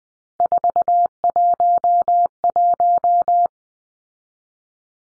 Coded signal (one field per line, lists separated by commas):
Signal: Morse code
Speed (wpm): 20 wpm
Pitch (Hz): 700 Hz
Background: none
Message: 411